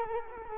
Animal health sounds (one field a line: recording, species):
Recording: mosquito wingbeat signal from an infrared sensor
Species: Culex quinquefasciatus